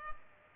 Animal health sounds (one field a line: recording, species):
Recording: mosquito wingbeat signal from an infrared sensor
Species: Culex pipiens